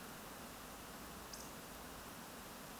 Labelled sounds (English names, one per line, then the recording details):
Eurasian Woodcock whistle
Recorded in Baden-Württemberg, Germany, on 16 May 2020 at 02:35 UTC
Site 46190, 1214 m above sea level